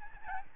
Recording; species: mosquito wingbeat signal from an infrared sensor; Aedes albopictus